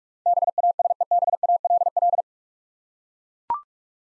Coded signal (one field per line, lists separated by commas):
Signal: Morse code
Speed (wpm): 44 wpm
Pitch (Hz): 700 Hz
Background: none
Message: BASEBALL